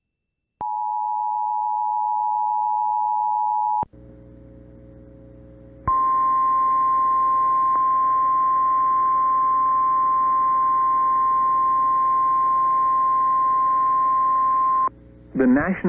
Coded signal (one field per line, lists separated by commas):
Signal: Emergency Alert System (SAME) tones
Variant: 853 and 960 Hz attention tone